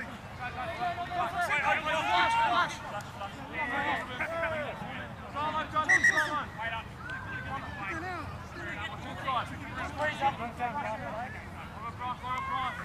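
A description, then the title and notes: Many overlapping voices chatter and call out continuously at a rugby league match, with a steady low rumble of outdoor ambience underneath. Composite field recording taken at the Queensland Rugby League match. At Bishop Park, Nundah (Brisbane), Queensland, Australia. Audible sounds include: crowd voices, player voices, referees and officials, player trainers and medical staff, the ground announcer and various ambient sounds. 24bit/48kHz on a Zoom H5 with included microphone capsule. Bishop Park - Queensland Rugby League (field recording).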